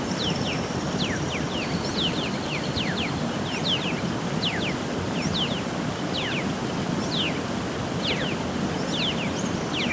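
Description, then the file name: Black-chested mountain tanager calls, dense falling notes from a group, with a thin high whistle at the start and persistent rushing background. "Buthraupis eximia - Black-chested Mountain Tanager"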